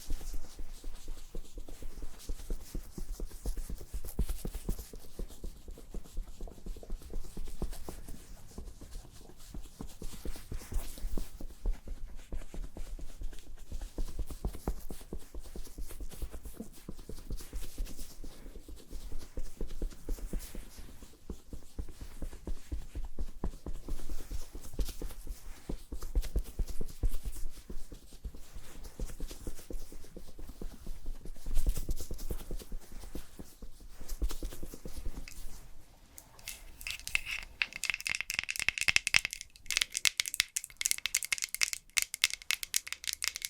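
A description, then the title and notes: ASMR makeup sounds: a dense, fast stream of tapping and clicking that runs almost without pause, with soft thuddy low tones underneath. Around 37 seconds a brighter, hissing brush or spray sound takes over until the end. ASMR Doing Your MINT Makeup (Fast & Aggressive Layered Sounds) NO TALKING.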